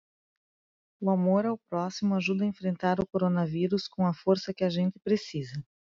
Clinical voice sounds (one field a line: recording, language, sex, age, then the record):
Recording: spoken sentence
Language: Brazilian Portuguese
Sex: female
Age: 40 to 49 years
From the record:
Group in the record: control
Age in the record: 42 years